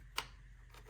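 A plastic cliff sensor cover on a Roomba robot vacuum is pressed back into its sensor housing on one side. It snaps in with a sharp click at 0.2 s, followed by a softer sound around 0.7 s. The cover is seated snugly.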